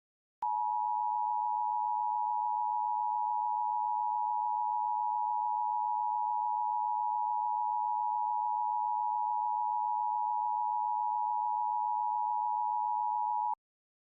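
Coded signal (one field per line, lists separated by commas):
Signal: Emergency Alert System (SAME) tones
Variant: 853 and 960 Hz attention tone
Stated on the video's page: Real tornado watch and warning EAS alerts recorded in Mississippi, with outdoor storm sirens also sounding.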